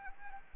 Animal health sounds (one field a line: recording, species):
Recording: mosquito wingbeat signal from an infrared sensor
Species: Anopheles gambiae